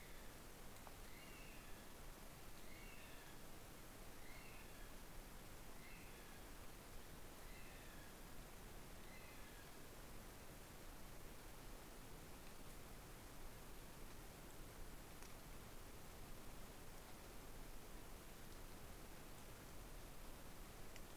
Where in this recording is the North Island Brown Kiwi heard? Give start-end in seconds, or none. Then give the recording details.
0.00-10.08. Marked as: faintness 3/5. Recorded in New Zealand on 13 December 2015. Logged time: 21:44. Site CL72